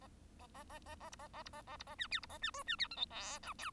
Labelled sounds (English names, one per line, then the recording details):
Bengalese Finch song
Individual Bird1